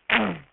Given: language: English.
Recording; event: throat vibration sensor signal played as sound; throat clearing